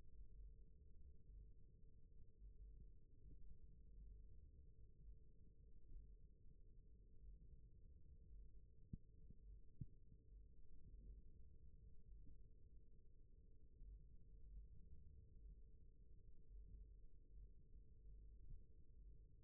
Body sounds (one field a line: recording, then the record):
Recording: forearm muscle sounds (acoustic myography)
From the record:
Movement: rest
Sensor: system 1, eight BSWA MPA416 microphones around the upper forearm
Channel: 7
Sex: male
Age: 28 years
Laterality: right